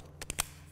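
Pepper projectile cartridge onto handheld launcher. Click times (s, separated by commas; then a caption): 0.4 s. A PavaBall pepper-ball cartridge is slid back onto a HERO 2020 handheld launcher. Two short sliding clacks at about 0.2 and 0.3 s lead into a sharp click at 0.4 s. The cartridge locks in place, seated and ready to go.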